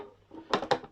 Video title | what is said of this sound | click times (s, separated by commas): Building Batmobile Tumbler - lssue 42 by Hachette | and it actually clicks into place | 0.5 s, 0.7 s